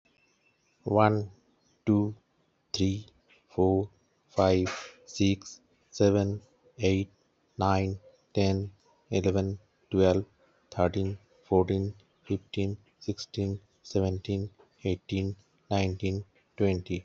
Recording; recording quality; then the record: counting at a normal pace; excellent, no background noise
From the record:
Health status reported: healthy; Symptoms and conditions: hypertension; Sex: male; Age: 47 years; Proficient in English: yes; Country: India